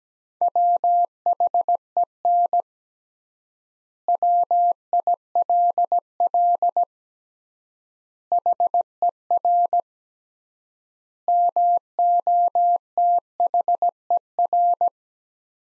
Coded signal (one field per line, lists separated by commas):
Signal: Morse code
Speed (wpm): 17 wpm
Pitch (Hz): 700 Hz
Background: none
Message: WHEN WILL HER MOTHER